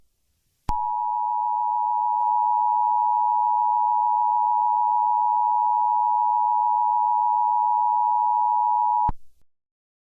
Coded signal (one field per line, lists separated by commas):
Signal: Emergency Alert System (SAME) tones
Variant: 853 and 960 Hz attention tone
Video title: Zombie outbreak (EAS scenario)